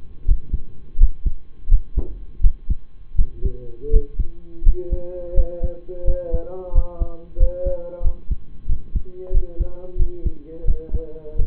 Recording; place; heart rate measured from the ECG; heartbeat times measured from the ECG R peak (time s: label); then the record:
heart sounds by stethoscope; between the tricuspid and mitral areas; 86 bpm
0.24 s: heartbeat
0.97 s: heartbeat
1.68 s: heartbeat
2.40 s: heartbeat
3.15 s: heartbeat
3.89 s: heartbeat
4.62 s: heartbeat
5.33 s: heartbeat
6.04 s: heartbeat
6.71 s: heartbeat
7.37 s: heartbeat
8.01 s: heartbeat
8.66 s: heartbeat
9.31 s: heartbeat
9.96 s: heartbeat
10.64 s: heartbeat
11.35 s: heartbeat
From the record:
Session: rest, lying down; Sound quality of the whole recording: partially saturated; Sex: male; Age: 25 years